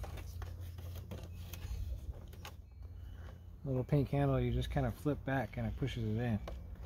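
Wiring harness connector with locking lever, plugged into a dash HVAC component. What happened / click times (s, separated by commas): Connector handled, not yet seated / none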